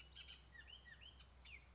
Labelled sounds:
Bullock's Oriole
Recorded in Sonoma County, California

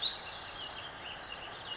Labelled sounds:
Spotted Towhee
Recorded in Sonoma County, California

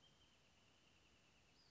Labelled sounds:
Western Flycatcher
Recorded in Sonoma County, California

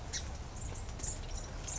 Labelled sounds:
Song Sparrow
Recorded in Sonoma County, California

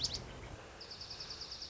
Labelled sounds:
Dark-eyed Junco
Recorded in Sonoma County, California

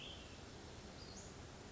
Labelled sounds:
Western Flycatcher
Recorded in Sonoma County, California

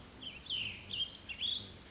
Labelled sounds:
Cassin's Vireo
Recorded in Sonoma County, California

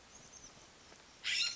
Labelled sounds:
California Scrub-Jay
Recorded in Sonoma County, California

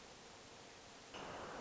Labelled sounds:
Hermit Thrush
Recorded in Sonoma County, California

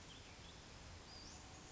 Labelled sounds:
Western Flycatcher
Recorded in Sonoma County, California

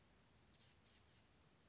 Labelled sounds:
Oak Titmouse
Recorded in Sonoma County, California

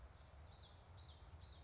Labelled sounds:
Common Yellowthroat
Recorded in Sonoma County, California

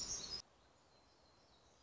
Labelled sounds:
Black-throated Gray Warbler
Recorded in Sonoma County, California

